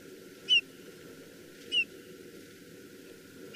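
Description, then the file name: Eurasian bullfinch uttering clear, soft piping notes that slide slightly downward, three calls at uneven intervals, the last cut off at the end. "Pyrrhula pyrrhula"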